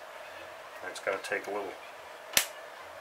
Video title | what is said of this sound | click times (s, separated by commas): Enya 90-4C A Look Inside Part 4 Reassembly Completed | there snapped into place | 2.4 s